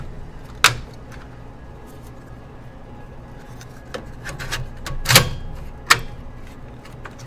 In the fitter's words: definitely hear them clicking into place now